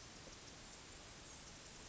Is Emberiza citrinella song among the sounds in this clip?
no